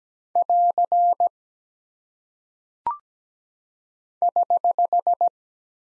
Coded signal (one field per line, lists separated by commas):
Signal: Morse code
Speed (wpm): 17 wpm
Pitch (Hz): 700 Hz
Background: none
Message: <AR> <HH>